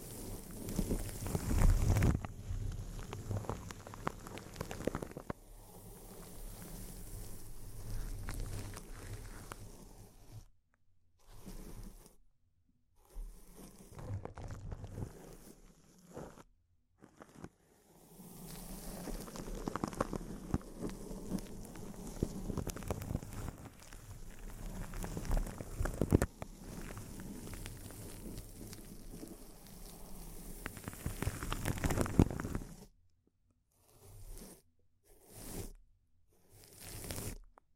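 Intense crinkling of material, loud and dense for the first ten seconds, with a sharp burst near the start. Later, bursts of rustling and crackling alternate with short silences, the gaps growing more frequent toward the end.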